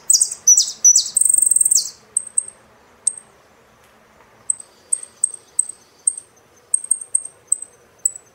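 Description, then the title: Saffron finch song: loud bursts of buzzy high chirps in the first two seconds, then many short thin high notes spaced irregularly. "Jilguero Argentino"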